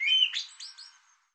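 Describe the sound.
Bird chirping: one bright, high chirp followed by a few fading, softer twittered notes, all within about a second.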